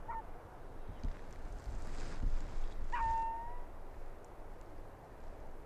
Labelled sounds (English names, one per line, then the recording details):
Arctic Fox
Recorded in the wild
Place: Insel Mednyi, Kommandeur-Inseln, RU
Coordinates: 54.5167, 168.083
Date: 1999-06-29 18:36
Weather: Nebel, 11°C, starker NO-Wind
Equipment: Sony WM-D6C, Sennheiser ME 80, K 30 AV, Windkorb, Kopie Tascam DA 30
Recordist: Jakupi, Antje
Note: Südosten der Insel, Haupttal: Polarfuchs bellt vom Nordwestkamm, eventuell von der Höhle am Hang aus. Ist wegen Nebel nicht zu sehen. Entfernung ca. 100 m. Eine Bellstrophe aufgezeichnet